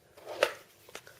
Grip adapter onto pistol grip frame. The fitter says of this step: and you you can't line it up all you have to do is push it over the top of it it'll click in place